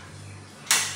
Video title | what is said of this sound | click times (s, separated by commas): High Low Bed: The Features You Need To Know | like so you'll hear a click this black button just going to pull that out | 0.7 s